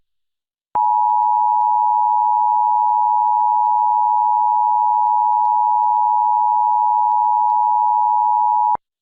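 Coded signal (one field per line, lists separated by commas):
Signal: Emergency Alert System (SAME) tones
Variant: 853 and 960 Hz attention tone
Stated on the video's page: Fictional EAS scenario.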